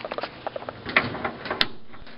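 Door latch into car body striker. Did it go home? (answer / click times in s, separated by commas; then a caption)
yes / 1.6 s. A restorer supports the body of a Ford Model T by hand and shuts its reinstalled door, giving a series of small knocks and rattles and a louder thud near 1.0 s. At 1.6 s a sharp click is heard as the door latch catches in the car body striker right away, and the door is seated.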